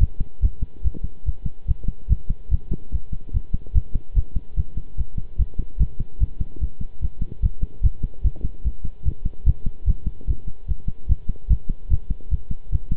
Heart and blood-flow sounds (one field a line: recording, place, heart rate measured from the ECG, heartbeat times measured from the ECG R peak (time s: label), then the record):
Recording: heart sounds by stethoscope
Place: between the tricuspid and mitral areas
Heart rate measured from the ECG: 146 bpm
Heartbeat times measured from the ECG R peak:
0.42 s: heartbeat
0.84 s: heartbeat
1.26 s: heartbeat
1.68 s: heartbeat
2.09 s: heartbeat
2.51 s: heartbeat
2.92 s: heartbeat
3.33 s: heartbeat
3.74 s: heartbeat
4.16 s: heartbeat
4.57 s: heartbeat
4.97 s: heartbeat
5.38 s: heartbeat
5.79 s: heartbeat
6.20 s: heartbeat
6.61 s: heartbeat
7.01 s: heartbeat
7.42 s: heartbeat
7.83 s: heartbeat
8.24 s: heartbeat
8.64 s: heartbeat
9.05 s: heartbeat
9.46 s: heartbeat
9.87 s: heartbeat
10.27 s: heartbeat
10.68 s: heartbeat
11.09 s: heartbeat
11.50 s: heartbeat
11.90 s: heartbeat
12.31 s: heartbeat
12.72 s: heartbeat
From the record:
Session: pedaling a stationary bicycle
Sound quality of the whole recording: good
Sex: male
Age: 23 years